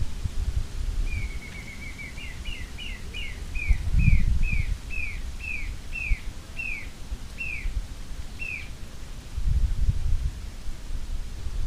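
Green-tailed jacamar calls: a high trill breaking into clear downslurred peeps that gradually slow, with gusts of low wind noise.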